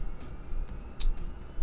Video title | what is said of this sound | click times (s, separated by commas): How to Clean and Reassemble a Roomba Robot (It hit a dog turd) | And then just press it right back down inside of there. You'll hear it snap, you'll feel it snap. | 1.0 s